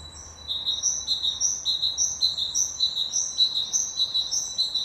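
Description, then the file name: Great tit song, steady repeated two-syllable phrases, high then lower, continuing rhythmically throughout. "Parus major"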